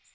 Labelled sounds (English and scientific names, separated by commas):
Magnolia Warbler (Setophaga magnolia) flight call